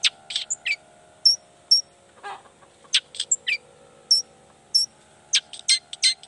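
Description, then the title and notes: Long-tailed shrike song of scattered sharp chirps and high whistled notes, with one harsh lower rasp and a constant low hum. Cendet song with toet toet variations, in the morning; described as lively and calling to provoke other shrikes to answer. "Cendet Gacor Dor Di Kala Pagi Toet Toet Variasi Suara. Cendet Gacor Pagi Hari Biangnya Bikin Cendet Manapun Langsung On Nyaut Buka Materi. Burung cendet"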